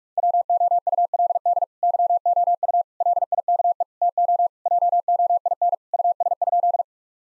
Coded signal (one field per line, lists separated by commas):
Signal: Morse code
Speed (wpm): 41 wpm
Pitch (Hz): 700 Hz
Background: none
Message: WOULD YOU LIKE TO JOIN US?